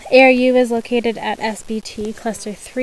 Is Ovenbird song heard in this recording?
no